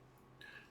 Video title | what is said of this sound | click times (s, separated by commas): First Strike Axis Build Guide/How to Build your 260 Gram Flipper Battlebot! | What I like to do is once I get it started, I'll just take my screwdriver and push it down until it clicks in. | 0.4 s